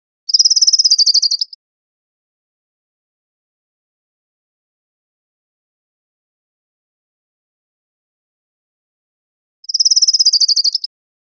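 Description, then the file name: Orange-crowned warbler giving a fast, even, high-pitched trill of just over a second, repeated once after roughly eight seconds of quiet. Recorded 3 November 2005; labelled CR. "CR OCWA 051103"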